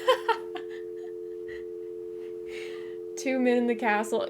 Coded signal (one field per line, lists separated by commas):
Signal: telephone call progress tone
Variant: North America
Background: speech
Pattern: dial tone